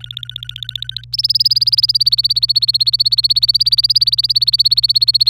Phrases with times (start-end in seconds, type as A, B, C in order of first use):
0.01-1.04 A, 1.13-5.29 B